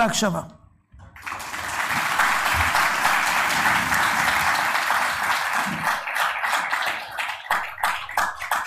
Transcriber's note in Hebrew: מחיאות כפיים